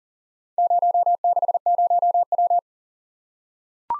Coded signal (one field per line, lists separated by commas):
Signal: Morse code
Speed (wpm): 40 wpm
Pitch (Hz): 700 Hz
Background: none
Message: 060W